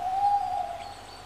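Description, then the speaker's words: Tawny owl hoot: a single steady, hollow, mid-pitched note held for under a second, then fading away; nothing else stands out. Hoots; tawny owls are singing at this time of year. "And the end piece is signalled by a tawny owl, the hoots of a tawny owl, because they're birds that are also singing at this time of year."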